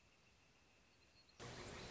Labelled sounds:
Northern Flicker
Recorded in Sonoma County, California

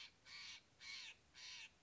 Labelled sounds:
Steller's Jay
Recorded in Sonoma County, California

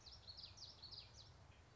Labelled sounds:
Common Yellowthroat
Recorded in Sonoma County, California

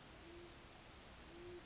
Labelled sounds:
Great Horned Owl
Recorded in Sonoma County, California

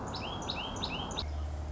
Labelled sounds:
Song Sparrow
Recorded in Sonoma County, California

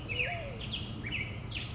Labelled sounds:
Black-headed Grosbeak
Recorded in Sonoma County, California

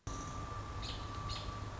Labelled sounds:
American Robin
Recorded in Sonoma County, California

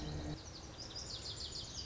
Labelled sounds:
Lazuli Bunting
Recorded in Sonoma County, California

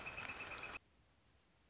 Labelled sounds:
Northern Flicker
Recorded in Sonoma County, California

